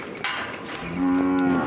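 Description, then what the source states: Cow mooing, one steady low drawn-out moo near the end, after a few faint knocks and rustles. Cows at the Goshala Cow Sanctuary in Memphis, coming when called; whistling tells them it is banana time.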